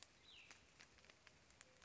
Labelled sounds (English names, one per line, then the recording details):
Cassin's Vireo
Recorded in Sonoma County, California